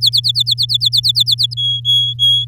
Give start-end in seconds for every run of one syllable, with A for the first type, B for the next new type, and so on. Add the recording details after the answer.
0.01-1.55 A, 1.57-2.45 B. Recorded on 10 May 2018 at 16:23. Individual llb16